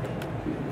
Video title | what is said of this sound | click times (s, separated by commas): Jesuits take on CES! - Speck covers your Kindle | just snaps in | 0.2 s